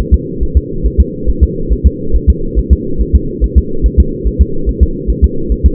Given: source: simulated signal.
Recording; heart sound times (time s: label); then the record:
fetal heart sounds
0.14 s: S2
0.43 s: S1
0.57 s: S2
0.86 s: S1
1.00 s: S2
1.29 s: S1
1.44 s: S2
1.73 s: S1
1.87 s: S2
2.16 s: S1
2.30 s: S2
2.59 s: S1
2.73 s: S2
3.01 s: S1
3.16 s: S2
3.44 s: S1
3.58 s: S2
3.86 s: S1
4.00 s: S2
4.27 s: S1
4.41 s: S2
4.69 s: S1
4.83 s: S2
5.10 s: S1
5.24 s: S2
5.52 s: S1
5.66 s: S2
From the record:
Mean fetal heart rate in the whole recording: 140 bpm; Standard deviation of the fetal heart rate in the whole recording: 2 bpm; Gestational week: 34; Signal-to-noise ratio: -8.1 dB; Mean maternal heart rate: 72 bpm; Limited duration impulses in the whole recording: present